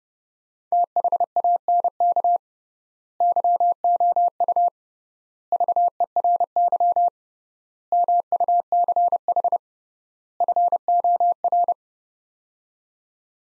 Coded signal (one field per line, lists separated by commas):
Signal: Morse code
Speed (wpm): 30 wpm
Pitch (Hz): 700 Hz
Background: none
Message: THANK YOU VERY MUCH FOR